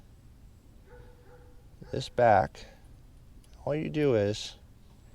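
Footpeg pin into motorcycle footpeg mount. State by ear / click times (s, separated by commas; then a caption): not seated / none. A pivoting footpeg with its retaining pin is handled at its footpeg mount on a Triumph Scrambler 1200 XE/XC during a pivot peg install, ready to be pushed back on. Someone talks in two short bursts over quiet background noise, with two faint ticks near 3.4 and 3.5 seconds. Nothing has seated or clicked yet.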